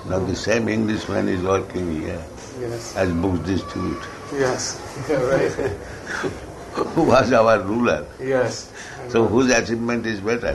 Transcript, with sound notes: Now the same Englishman is working here as book distributor, [laughs] who was our ruler. So whose achievement is better?